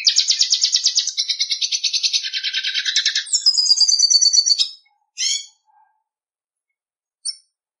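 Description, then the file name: Red siskin song opening with a long run of rapid buzzy trilling, then a higher, clearer pulsed phrase, followed by two isolated high chirps. "Canto do pintassilgo da venezuela"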